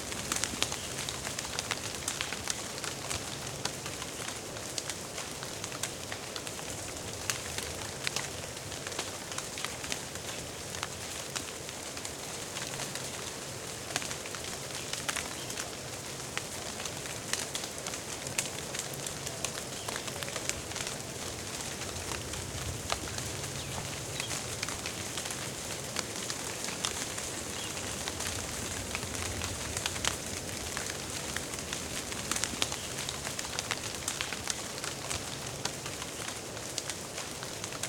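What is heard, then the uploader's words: Steady rain patters densely through a forest, a constant bright hiss with frequent sharp drips, and faint low cooing birds underneath. Rain in Forest. 3D Surround Sound.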